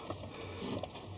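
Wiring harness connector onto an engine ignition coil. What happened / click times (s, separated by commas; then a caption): The plastic electrical connector clicked into place / 0.8 s. A wiring harness connector is pushed back onto an engine ignition coil on a Ford Escape. Its plastic latch clicks at 0.8 s as it seats, confirming the connection. A low background hum runs throughout, and there is a short tap at 0.1 s.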